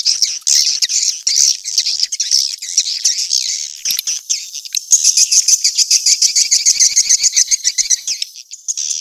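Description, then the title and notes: Swiftlet chirping calls, a dense high twittering chorus, with rapid buzzy pulses running through the second half. Sound used in swiftlet farming in Asia. "Swiflet Bird Sound. Farming Swiflet Bird asia sound"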